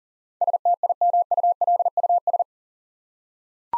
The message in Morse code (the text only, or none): STIMULUS